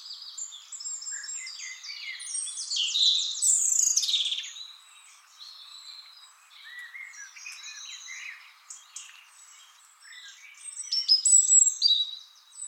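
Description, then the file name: European robin song of thin, high whistles and fluttering trills, a loud burst near the start, quieter twitters, then another bright flourish toward the end. "Erithacus rubecula"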